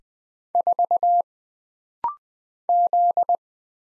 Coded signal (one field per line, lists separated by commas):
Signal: Morse code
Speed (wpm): 20 wpm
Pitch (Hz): 700 Hz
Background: none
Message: 4 Z